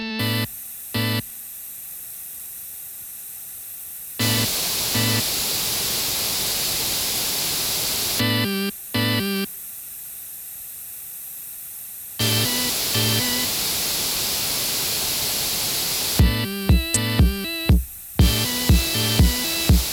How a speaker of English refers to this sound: You will now hear some white noise alternating between outer phase and in phase, beginning with outer phase.